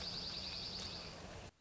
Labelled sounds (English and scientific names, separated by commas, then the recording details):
Dark-eyed Junco (Junco hyemalis)
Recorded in Sonoma County, California